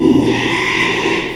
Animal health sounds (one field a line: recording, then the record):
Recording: squeal of a Yucatan mini pig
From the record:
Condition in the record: after surgery on the right vocal fold (resection and tissue-engineered implant)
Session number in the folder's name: 1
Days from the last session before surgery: 6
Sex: male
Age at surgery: 12 weeks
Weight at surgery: 13 kg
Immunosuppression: cyclosporine, prednisolone